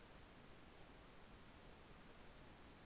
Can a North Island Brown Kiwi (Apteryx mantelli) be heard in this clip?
no